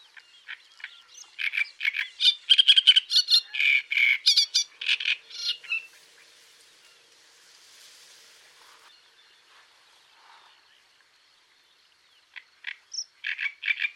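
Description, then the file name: Great reed warbler song: a burst of harsh, grating chatter for about five seconds, then near silence with faint background hiss, before the croaky phrases resume. "Rousserolle turdoide"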